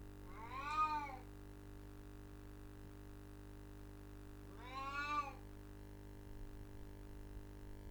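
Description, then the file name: Cat meowing twice, about four seconds apart, each meow rising then falling in pitch, over a steady low hum. "mau 2"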